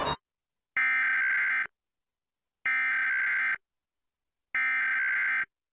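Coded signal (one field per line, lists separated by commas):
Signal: Emergency Alert System (SAME) tones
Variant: header bursts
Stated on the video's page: National Periodic Test on a TV station, recorded via cable DVR and captured through a capture card.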